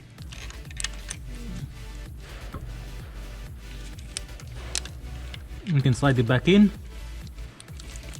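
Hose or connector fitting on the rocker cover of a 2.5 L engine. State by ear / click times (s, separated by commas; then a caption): not seated / none. During refitting after a rocker cover gasket replacement on a 2.5 L 2010 Mazda 6 (GH), a hose or connector fitting on the rocker cover is being slid back into place. Someone talks over background music, with a few faint sharp taps of handling around 0.8, 4.2 and 4.8 seconds. The clip ends before the part goes home, so nothing has seated or clicked yet.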